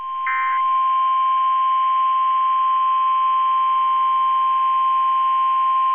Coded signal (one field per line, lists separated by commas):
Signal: Emergency Alert System (SAME) tones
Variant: 1050 Hz attention tone